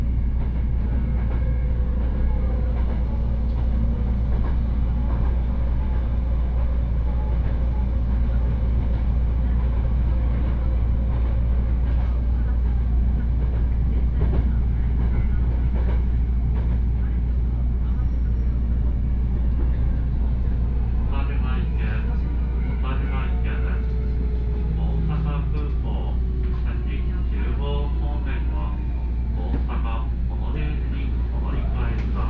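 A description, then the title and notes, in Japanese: A train ride with a steady low rumble throughout, faint voices mixed in, and clattering, squealing wheel sounds building after about twenty seconds. 鉄道旅 大物→梅田→蛍池→大阪空港。蛍池で大阪モノレールに乗り換えて１駅先の大阪空港へと向かいます。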